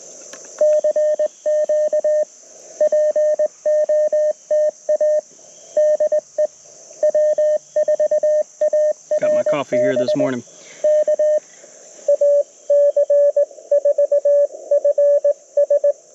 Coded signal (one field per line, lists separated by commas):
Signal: Morse code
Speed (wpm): 20 wpm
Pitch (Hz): 590 Hz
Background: speech, radio noise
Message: CQ POTA DE W4ARB K AC4FS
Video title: Field Ops Friday - CW POTA Activation 07/21/2023 @ K-3684